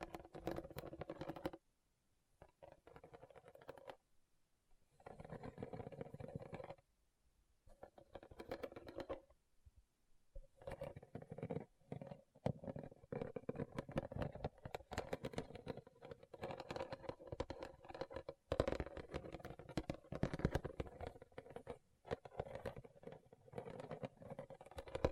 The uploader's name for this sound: RHINESTONE Tapping & Scratching Sounds